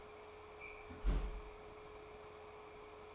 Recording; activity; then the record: daily activity, microphone in the room; close fridge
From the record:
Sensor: 1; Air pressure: 1004.6 hPa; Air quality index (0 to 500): 192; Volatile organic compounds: 16 ppm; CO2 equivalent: 2541 ppm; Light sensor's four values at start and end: 5/11/4/4 and 5/11/4/4